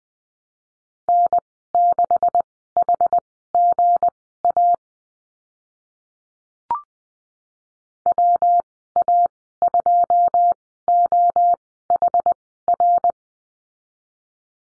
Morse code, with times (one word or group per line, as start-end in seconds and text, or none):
1.1-4.8 N6HGA
8.1-13.1 WA2OHR